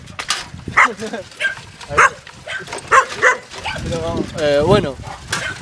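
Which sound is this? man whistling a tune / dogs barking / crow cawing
dogs barking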